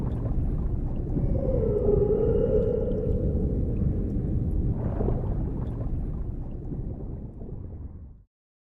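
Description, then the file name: Whale moan, a steady mid-pitched tonal call with faint higher harmonics near two to three seconds, over constant deep rumbling water noise that cuts off just before the end. "Mpooman Whale Sounds"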